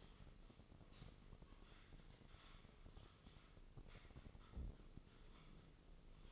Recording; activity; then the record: daily activity, microphone in the room; typing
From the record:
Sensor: 4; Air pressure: 996.0 hPa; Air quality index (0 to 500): 64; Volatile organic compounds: 2 ppm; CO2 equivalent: 1142 ppm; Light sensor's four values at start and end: 14/38/14/14 and 14/38/14/14